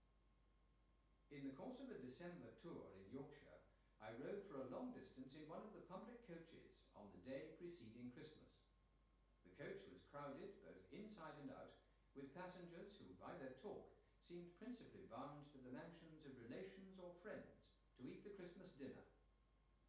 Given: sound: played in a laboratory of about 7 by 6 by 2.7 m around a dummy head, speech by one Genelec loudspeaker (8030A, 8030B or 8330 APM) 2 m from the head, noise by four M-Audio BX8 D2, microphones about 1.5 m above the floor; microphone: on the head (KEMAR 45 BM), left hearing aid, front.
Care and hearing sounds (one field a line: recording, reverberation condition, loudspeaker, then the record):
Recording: male speech in English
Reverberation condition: medium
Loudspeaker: 150 degrees to the right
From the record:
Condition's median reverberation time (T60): about 510 ms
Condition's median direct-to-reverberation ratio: about -0.5 dB